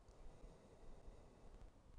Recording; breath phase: one breath near a microphone; exhalation